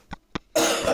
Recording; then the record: coughing mixed with background sound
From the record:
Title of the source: Cough Around the Clock!